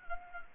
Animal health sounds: mosquito wingbeat signal from an infrared sensor; Anopheles arabiensis

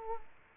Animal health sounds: mosquito wingbeat signal from an infrared sensor; Culex quinquefasciatus

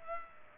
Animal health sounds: mosquito wingbeat signal from an infrared sensor; Culex pipiens

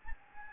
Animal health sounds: mosquito wingbeat signal from an infrared sensor; Anopheles gambiae

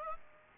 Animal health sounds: mosquito wingbeat signal from an infrared sensor; Aedes aegypti

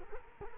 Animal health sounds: mosquito wingbeat signal from an infrared sensor; Culex quinquefasciatus

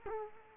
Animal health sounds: mosquito wingbeat signal from an infrared sensor; Culex quinquefasciatus

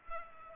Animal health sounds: mosquito wingbeat signal from an infrared sensor; Culex pipiens

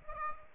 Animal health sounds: mosquito wingbeat signal from an infrared sensor; Aedes aegypti

